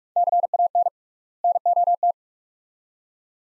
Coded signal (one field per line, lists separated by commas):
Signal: Morse code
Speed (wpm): 44 wpm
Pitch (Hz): 700 Hz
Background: none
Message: CAN NOT